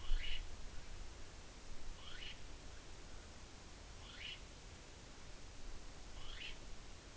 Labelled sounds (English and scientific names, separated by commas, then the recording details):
North Island Brown Kiwi (Apteryx mantelli) female call
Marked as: faintness 1/5
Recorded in New Zealand on 6 June 2014
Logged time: 02:19